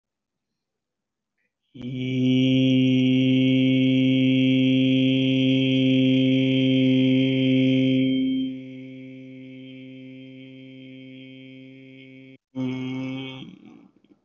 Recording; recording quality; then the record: sustained vowel as in beet; excellent, no background noise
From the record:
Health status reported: healthy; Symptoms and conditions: none ticked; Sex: male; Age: 58 years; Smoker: not ticked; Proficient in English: yes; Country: India